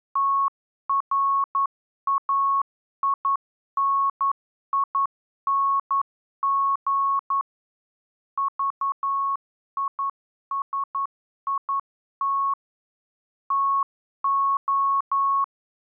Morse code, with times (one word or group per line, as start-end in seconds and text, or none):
0.2-7.4 TRAINING
8.4-12.5 VISIT
13.5-15.4 TO